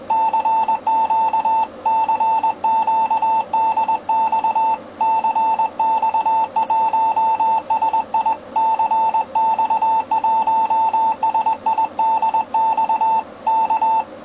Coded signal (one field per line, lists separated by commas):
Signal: Morse code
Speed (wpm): 20 wpm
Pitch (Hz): 890 Hz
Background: none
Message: CQ CQDX CX1SI CX1SIDX K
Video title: Buenas condiciones con europa hr 1 UTC 7 MHZ 13/8/2012 CX1SI radioamateur --URUGUAY--